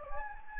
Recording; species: mosquito wingbeat signal from an infrared sensor; Anopheles gambiae